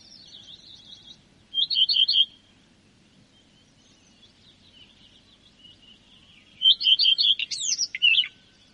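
Common redstart singing two short phrases about five seconds apart, each a run of quick repeated notes, the second ending in a twisting, squeaky flourish.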